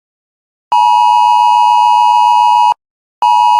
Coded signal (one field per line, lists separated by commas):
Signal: Emergency Alert System (SAME) tones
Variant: 853 and 960 Hz attention tone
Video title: EAS Mini Scenario - Nightmare Armageddon